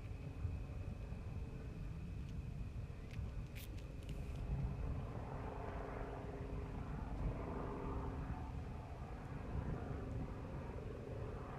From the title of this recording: The sounds of 4th of July 2022 Los Angeles